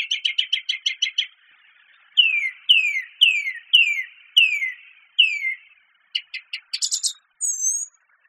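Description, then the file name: Song thrush song: a rapid run of repeated notes, then a clear downslurred whistle repeated several times, followed by quick high chirps and a final double whistle. "suara kicauan burung song thrush. omkicau"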